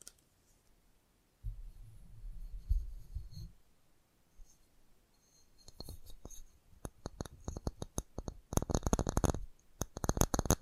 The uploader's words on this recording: FAST TAPPING (No Talking).